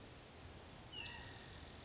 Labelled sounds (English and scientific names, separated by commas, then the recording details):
California Quail (Callipepla californica)
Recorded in Sonoma County, California